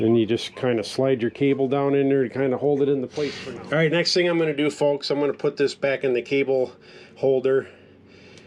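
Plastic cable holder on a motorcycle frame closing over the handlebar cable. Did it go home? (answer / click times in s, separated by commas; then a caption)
yes / 8.4 s. While Indian Mini Ape handlebars are being installed on a Super Chief Limited motorcycle, someone talks while putting the handlebar cable back into its plastic cable holder on the frame. A faint, short click at 8.4 s marks the holder snapping shut over the cable, seating it.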